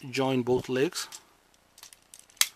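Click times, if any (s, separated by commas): 2.4 s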